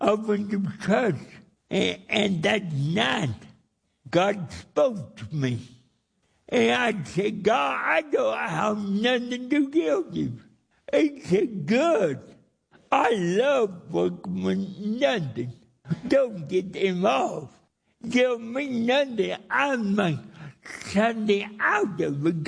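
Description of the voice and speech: Slow, effortful speech from an adult man, with stretched vowels, nasal tone and distorted consonants that make it somewhat difficult to understand; dysarthria from cerebral palsy present since birth, after he was born dead for 18 minutes.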